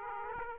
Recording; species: mosquito wingbeat signal from an infrared sensor; Aedes aegypti